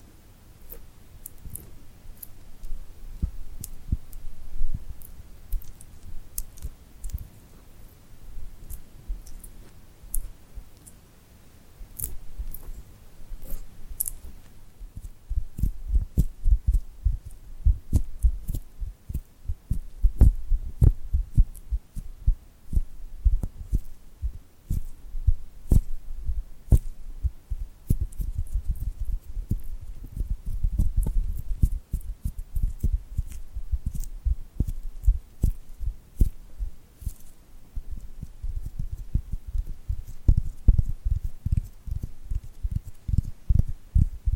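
Glued hands pulled apart make dense, irregular sticky crackles and soft low thumps, quieter at first, then busier and fuller after about fifteen seconds.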